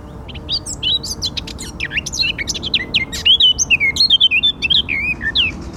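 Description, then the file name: Eurasian blackcap song: a rapid, scratchy warble that builds into clearer, fluty whistled phrases in the second half. "Sylvia atricapilla"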